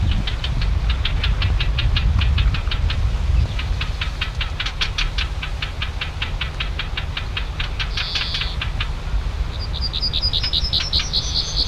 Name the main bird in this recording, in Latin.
Sylvia nisoria